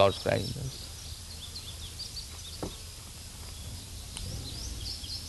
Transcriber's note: sounds of birds chirping nearby